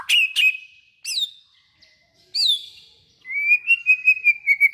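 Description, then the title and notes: White-rumped shama song: a few sharp, loud notes with brief pauses, then a quick rattling series of clear whistles held at one pitch. Lure (pikat) call for white-rumped shamas, from a long-duration recording. "Pikat Murai Batu Durasi Panjang. Burung Murai Batu"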